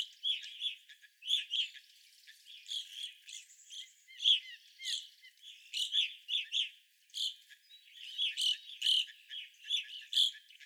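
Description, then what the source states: Evening grosbeaks calling in a flock, a steady chatter of short, sharp chirped notes overlapping in quick irregular bursts, with a few squawky notes mixed in. Several evening grosbeaks, recorded on 25 April 2021.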